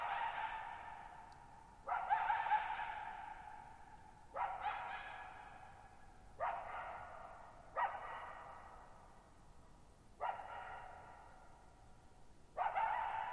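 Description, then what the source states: Coyote giving a series of hoarse barks, some doubled, at irregular intervals, each fading slowly in a lingering echo. Lone coyote at night, July 14, 2019, at Thirtymile Meadows, Okanogan National Forest, Okanogan High Country, Pacific Northwest, 6400 ft, in a bowl-shaped meadow over boggy ground.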